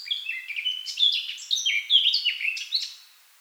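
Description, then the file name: Eurasian blackcap song, a dense run of bright, varied warbled and whistled notes over about three seconds, tapering off at the end. "Sylvia atricapilla"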